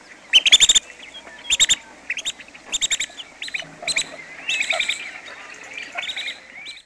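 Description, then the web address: Long-billed dowitcher calls: short, sharp, high keek notes given in quick clusters, repeated throughout over a quiet background. Recorded in North America. "Peterson North American Birds. lbdo"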